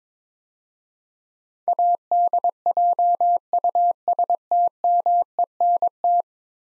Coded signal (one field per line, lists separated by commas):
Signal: Morse code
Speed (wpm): 22 wpm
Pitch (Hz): 700 Hz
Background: none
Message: ADJUSTMENT